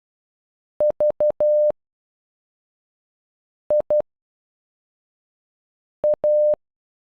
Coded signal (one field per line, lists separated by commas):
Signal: Morse code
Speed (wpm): 12 wpm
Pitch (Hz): 600 Hz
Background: none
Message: V I A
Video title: Olivia in Morse code